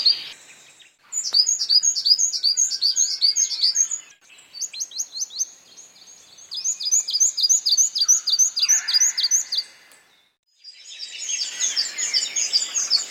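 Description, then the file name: Bird calls: high, quick chirps in bursts, broken by short silences. "BIRD wbsw"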